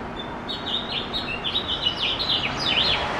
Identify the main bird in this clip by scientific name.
Haemorhous mexicanus